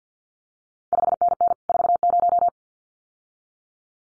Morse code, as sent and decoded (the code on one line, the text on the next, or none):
..... -. -. / ....- -----
5NN 40